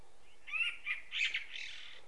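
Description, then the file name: Common blackbird calls: a few short, squeaky, harmonic notes in quick succession. "Turdus merula"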